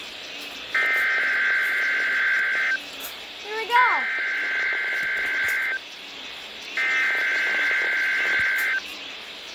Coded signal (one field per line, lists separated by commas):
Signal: Emergency Alert System (SAME) tones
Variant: header bursts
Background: speech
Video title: Required Weekly Test WNG676 (EAS #2)